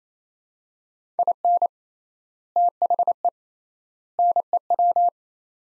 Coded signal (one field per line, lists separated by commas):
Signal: Morse code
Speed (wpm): 28 wpm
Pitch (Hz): 700 Hz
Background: none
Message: IN THE NEW